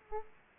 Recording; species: mosquito wingbeat signal from an infrared sensor; Aedes aegypti